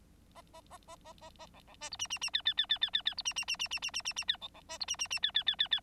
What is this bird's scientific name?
Lonchura striata domestica